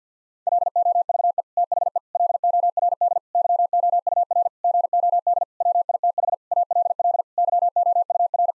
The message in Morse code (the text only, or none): LOVE THE LORD YOUR GOD WITH ALL YOUR